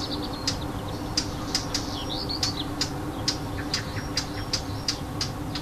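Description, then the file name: Warbler alarm calls: sharp, dry ticking clicks given irregularly, some paired, with a few thin chirping notes between and a steady low hum underneath. Alarm call, recorded 25 June 2014 with an MZ-N710 recorder. "Fauvette cri d alarme 25 06 14"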